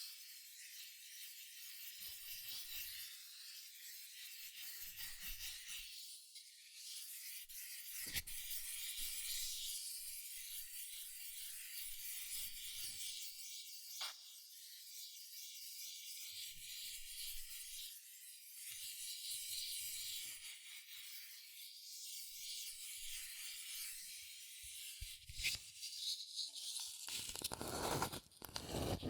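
Fast tapping, scratching and tracing on cardboard and paper, a dense hissy scraping that runs steadily through the clip. Sharper taps stand out around 8, 14, 25 seconds, and a louder burst of rough rubbing closes the final few seconds.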